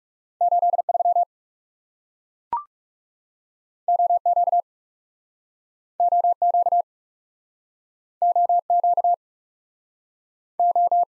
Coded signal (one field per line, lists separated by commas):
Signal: Morse code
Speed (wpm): 40 wpm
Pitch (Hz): 700 Hz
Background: none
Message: 8 3 O Q O Q O Q O